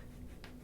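A plastic quick-release strap buckle on a soft motorcycle saddlebag is clipped into its mating buckle over the rear bag. A short, sharp click comes at 0.4 s over a low background hum. The buckle latches shut.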